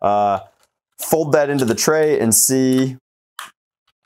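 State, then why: Seated. A 2S battery is plugged in and folded into the plastic toolless battery tray on the back of an NG-3 Rival foam dart blaster while someone talks. The tray clicks shut at 3.4 s with a short, sharp snap, seating into place.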